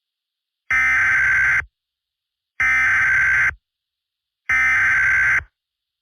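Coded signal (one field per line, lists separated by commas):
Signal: Emergency Alert System (SAME) tones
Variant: header bursts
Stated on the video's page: SAME tones in a fictional EAS scenario about a tornado outbreak, not a real alert.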